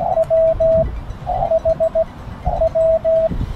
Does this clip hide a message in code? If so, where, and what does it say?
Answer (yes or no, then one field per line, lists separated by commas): yes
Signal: Morse code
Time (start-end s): 0.2-3.3 s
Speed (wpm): 20 wpm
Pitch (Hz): 640 Hz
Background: none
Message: W H W